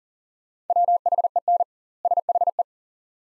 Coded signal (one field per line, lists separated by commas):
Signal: Morse code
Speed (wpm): 40 wpm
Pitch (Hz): 700 Hz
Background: none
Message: WHEN SHE